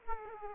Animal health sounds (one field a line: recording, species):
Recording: mosquito wingbeat signal from an infrared sensor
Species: Aedes aegypti